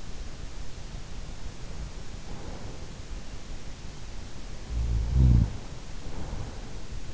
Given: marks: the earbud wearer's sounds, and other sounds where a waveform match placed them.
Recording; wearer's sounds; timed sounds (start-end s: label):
sounds in sleep by an in-ear microphone; breath, snoring breath
1.91-3.28 s: breath
4.52-6.83 s: snoring breath